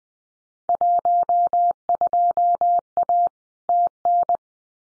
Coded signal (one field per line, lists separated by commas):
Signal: Morse code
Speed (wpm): 20 wpm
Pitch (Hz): 700 Hz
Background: none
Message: 12A TN